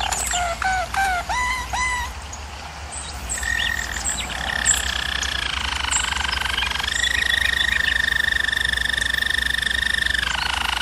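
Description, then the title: German Roller canary song starting with several repeated chirps, then settling into smooth continuous rolling trills. Canary training recording of singing. "German Roller Canary Singing - Canary Training Vid"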